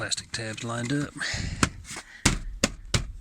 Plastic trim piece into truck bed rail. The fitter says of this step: and it pops right in there